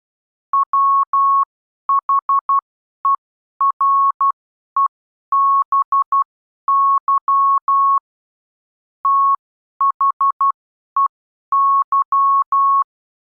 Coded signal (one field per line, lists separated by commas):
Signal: Morse code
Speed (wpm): 12 wpm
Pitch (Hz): 1100 Hz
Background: none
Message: WHEREBY THEY